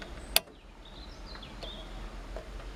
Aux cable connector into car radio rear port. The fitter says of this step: So just line up the shape so that it fits in until it clicks.